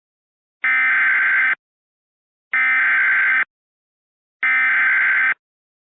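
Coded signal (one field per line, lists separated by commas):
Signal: Emergency Alert System (SAME) tones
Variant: header bursts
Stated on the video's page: Recreation of a Severe Thunderstorm Warning using valid EAS tones.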